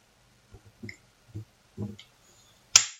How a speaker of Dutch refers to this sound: Nou, hij is wat beschadigd, maar hij doet het wel. Hij doet het, hij is een beetje gehavend, maar hij doet het fantastisch. Moet je eens horen hoe dat klinkt, zo'n Zippo aansteker. Hoor je die vlam? Hoor je het?